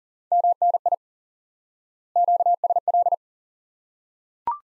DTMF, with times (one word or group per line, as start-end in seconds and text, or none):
none